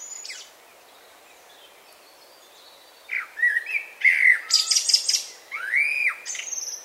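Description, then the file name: Common blackbird singing: a brief note and a quiet pause, then warbled fluty notes mixed with thin high scratchy squeaks and a rising-falling whistled phrase at the end. "Turdus merula"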